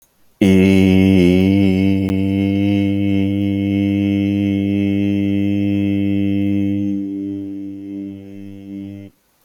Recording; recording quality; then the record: sustained vowel as in beet; excellent, no background noise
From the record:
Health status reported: healthy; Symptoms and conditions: none ticked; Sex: male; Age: 29 years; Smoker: not ticked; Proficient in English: yes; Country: United States